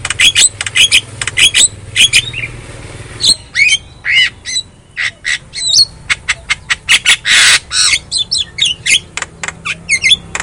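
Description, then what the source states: Javan myna song: dense chattering of squawks, clicks and short whistles, busy and uneven, with a brief noisy burst midway. Javan myna song (kicau); a lure (pancingan) recording meant to get silent (bisu) mynas singing.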